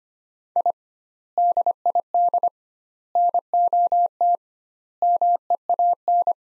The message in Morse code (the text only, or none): I DID NOT MEAN